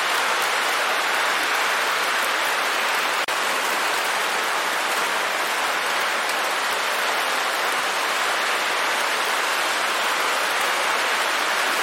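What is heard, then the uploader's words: Steady, dense rainfall hisses evenly throughout, bright, with a single sharp click just after three seconds and no other sounds. Ambient Rainfall. Rain Sounds.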